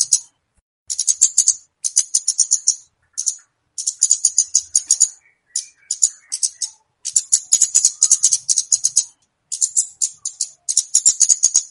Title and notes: Kicau Untuk Pancing Burung Kemade ( Cabe Cabean). Suara Burung Cabe Cabean Pikat